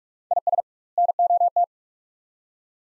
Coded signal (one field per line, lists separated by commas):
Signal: Morse code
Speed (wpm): 45 wpm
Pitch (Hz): 700 Hz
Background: none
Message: IS NOT